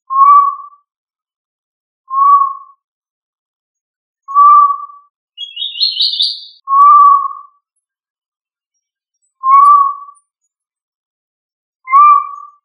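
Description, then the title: Tinamou giving pure, level whistles, each under a second, repeated about every two and a half seconds; a higher, chattering sound briefly joins midway. "Familia Tinamidae - Quail - Puyuh"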